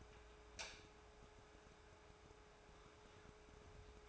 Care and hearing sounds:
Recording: daily activity, microphone in the room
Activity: light on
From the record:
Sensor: 2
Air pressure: 1010.1 hPa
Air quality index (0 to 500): 159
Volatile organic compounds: 7 ppm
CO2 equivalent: 1991 ppm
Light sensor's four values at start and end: 39/92/41/47 and 43/108/47/52

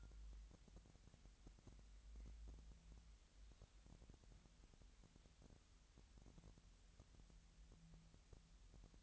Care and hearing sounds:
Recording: daily activity, microphone in the room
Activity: wipe stove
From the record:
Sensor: 3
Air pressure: 1003.2 hPa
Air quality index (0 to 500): 196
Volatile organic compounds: 6 ppm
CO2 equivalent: 1917 ppm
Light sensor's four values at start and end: 12/29/12/13 and 12/29/12/13

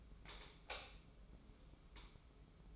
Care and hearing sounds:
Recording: daily activity, microphone in the room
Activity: light off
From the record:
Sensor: 1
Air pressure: 995.4 hPa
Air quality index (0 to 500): 26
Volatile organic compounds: 1 ppm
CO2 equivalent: 519 ppm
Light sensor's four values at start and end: 14/42/16/17 and 11/26/10/11

